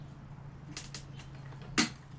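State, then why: Seated. During a battery installation (ETX30L) on a 2016 Harley Rushmore Street Glide touring motorcycle, the plastic locking latch of an electrical connector on the harness is pressed home. It gives a quick double click at 0.8 s and 1.0 s, with a louder burst near 1.8 s, over a steady low hum. The connector is confirmed seated and locked in.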